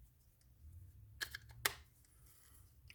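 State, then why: Seated. A side component is fitted back onto the frame of an Okuma Convector 45L ball-bearing level-wind fishing reel during reassembly and pressed home. Two light clicks at 1.2 and 1.4 seconds come before one sharp snap at 1.7 seconds, when the part seats in place.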